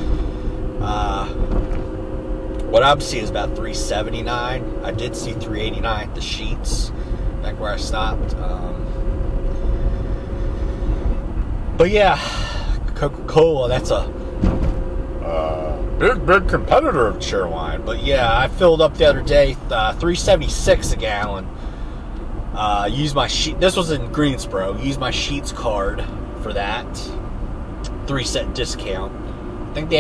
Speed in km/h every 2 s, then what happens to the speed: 52, 55, 55, 53, 53, 55, 53, 55, 58, 58, 58, 56, 60, 61, 61.
0-30 speeds up to 61.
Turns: none.